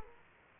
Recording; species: mosquito wingbeat signal from an infrared sensor; Aedes aegypti